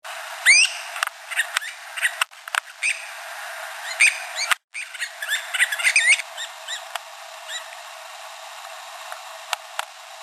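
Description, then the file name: Nutting's flycatcher calls: a scatter of short, sharp chirps and squeaky upslurred notes, clustered in bursts over the first six seconds, then sparse clicks and faint hiss. Arizona. "NUFL 3 Harter"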